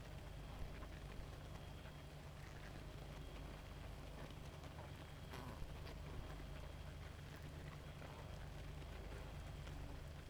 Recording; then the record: honeybee colony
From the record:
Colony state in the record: active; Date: 28 July 2017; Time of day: 0:39